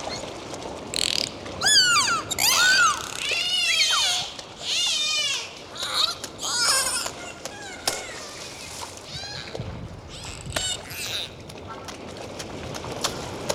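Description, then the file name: Dolphin whistles: repeated looping squeals in quick clusters, some wavering up and down, separated by short pauses and clicks, under steady water hiss. Dolphins described as cheerful. "Zvuki prirody - Vesyolye delfiny"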